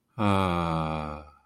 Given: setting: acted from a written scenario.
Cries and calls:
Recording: vocal sound without words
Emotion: serenity

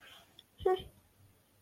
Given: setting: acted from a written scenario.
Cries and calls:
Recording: vocal sound without words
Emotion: pride

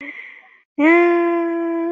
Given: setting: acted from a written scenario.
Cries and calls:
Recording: vocal sound without words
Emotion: negative surprise

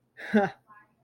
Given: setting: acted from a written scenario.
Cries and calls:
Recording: vocal sound without words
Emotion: amusement

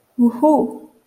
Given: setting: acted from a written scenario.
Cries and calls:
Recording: vocal sound without words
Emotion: elation

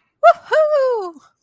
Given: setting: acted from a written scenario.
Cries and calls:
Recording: vocal sound without words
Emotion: elation

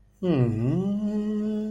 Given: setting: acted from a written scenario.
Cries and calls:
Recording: vocal sound without words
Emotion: sadness

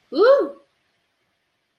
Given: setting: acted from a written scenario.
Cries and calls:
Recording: vocal sound without words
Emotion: pride

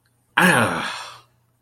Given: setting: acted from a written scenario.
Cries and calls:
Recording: vocal sound without words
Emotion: shame

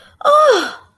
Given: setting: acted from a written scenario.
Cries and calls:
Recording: vocal sound without words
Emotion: positive surprise

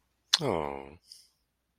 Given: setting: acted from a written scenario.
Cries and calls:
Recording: vocal sound without words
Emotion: sadness

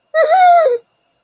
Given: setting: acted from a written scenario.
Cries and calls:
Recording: vocal sound without words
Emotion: fear

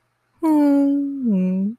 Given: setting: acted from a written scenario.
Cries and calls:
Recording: vocal sound without words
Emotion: romantic love

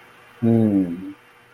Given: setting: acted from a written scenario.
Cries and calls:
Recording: vocal sound without words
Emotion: amusement

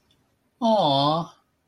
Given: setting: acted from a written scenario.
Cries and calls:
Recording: vocal sound without words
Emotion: adoration

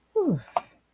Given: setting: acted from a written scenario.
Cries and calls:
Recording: vocal sound without words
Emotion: neutral

